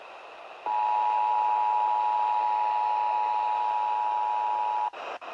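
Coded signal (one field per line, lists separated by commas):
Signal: Emergency Alert System (SAME) tones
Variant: 853 and 960 Hz attention tone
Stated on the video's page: Flash flood warning EAS tones relayed across ten FM stations.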